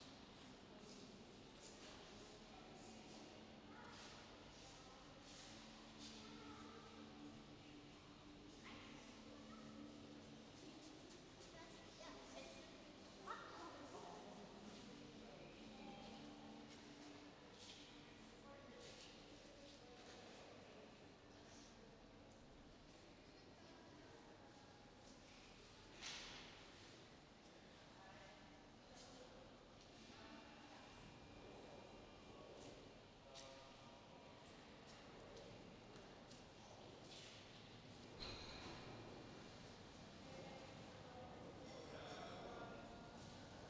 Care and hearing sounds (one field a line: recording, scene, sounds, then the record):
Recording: everyday scene through a hearing-aid microphone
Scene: reverberant space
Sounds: background noise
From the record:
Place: railway station hall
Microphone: in the ear canal, left